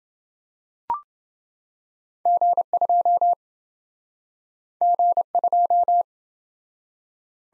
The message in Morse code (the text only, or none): G2 G2